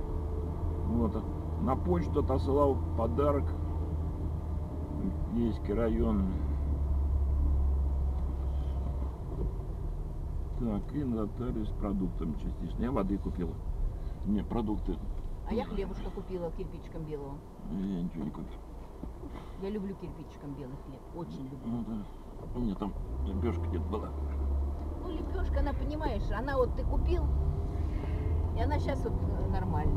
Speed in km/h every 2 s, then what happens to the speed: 17, 17, 16, 15, 14, 12, 12, 7, 4, 1, 0, 0, 2, 12, 18.
0-13 steady at about 15. 13-17 slows to 1. 17-24 standing. 24-30 pulls away to 18.